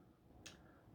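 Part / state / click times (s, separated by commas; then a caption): ATX main power cable into modular PSU socket / seated / 0.5 s. A modular 24-pin ATX main power cable, lined up by its arrow markings, is pushed into the socket of a Be Quiet! Straight Power Edition modular power supply. A single short, sharp click at 0.5 s stands out over a low, steady background. The connector seats and connects easily.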